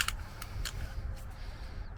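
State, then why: Not seated. A Sig Sauer P320 M18 pistol is handled during reassembly, with its oval recoil spring set straight up and down (otherwise it won't lock) as the slide is pushed toward the polymer frame. Sharp handling ticks come at about 0.0, 0.1 and 0.4 s, followed by low rumbling contact noise. Nothing has seated or clicked into place yet.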